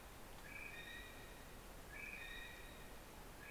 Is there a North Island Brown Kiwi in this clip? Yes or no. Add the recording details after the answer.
yes. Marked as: faintness 2/5. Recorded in New Zealand on 9 December 2013. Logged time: 23:28. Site DE65